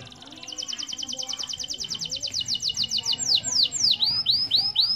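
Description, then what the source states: Canary song opening with a steady rapid high trill, then switching to louder looping downslurred whistles repeated several times. Master song for training birds.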